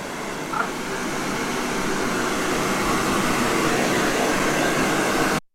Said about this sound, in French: Ouais, en fait, c'est le bruit du sèche-cheveux. du sèche-cheveux pour Nino, le chien qui était sur la table de toilettage quand je suis allée chez la toiletteuse pour chien.